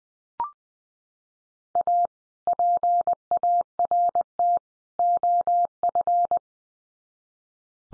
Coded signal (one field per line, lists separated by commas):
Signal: Morse code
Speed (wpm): 19 wpm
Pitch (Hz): 700 Hz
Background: none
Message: A PART OF